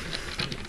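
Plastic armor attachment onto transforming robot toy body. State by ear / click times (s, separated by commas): not seated / none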